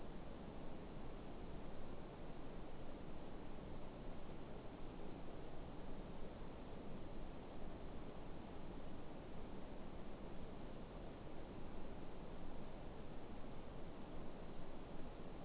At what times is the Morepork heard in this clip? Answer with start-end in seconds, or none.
none